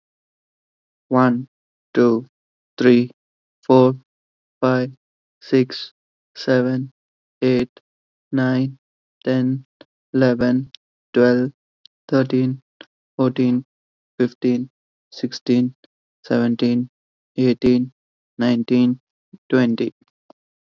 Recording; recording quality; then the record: counting at a normal pace; excellent, no background noise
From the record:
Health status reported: COVID-19 positive, mild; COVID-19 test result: positive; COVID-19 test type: RT-PCR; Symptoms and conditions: sore throat, fever, fatigue, muscle pain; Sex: male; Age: 23 years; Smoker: no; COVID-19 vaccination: both doses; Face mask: not worn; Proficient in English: yes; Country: India